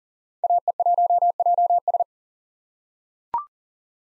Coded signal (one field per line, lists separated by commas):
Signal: Morse code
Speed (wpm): 40 wpm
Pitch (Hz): 700 Hz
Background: none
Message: AE1JS